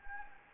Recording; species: mosquito wingbeat signal from an infrared sensor; Anopheles gambiae